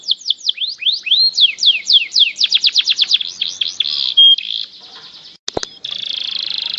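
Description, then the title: Canary song beginning with rapid swooping chirps about four per second, speeding into a trill, then a click and a steady buzzy roll. "Kenari"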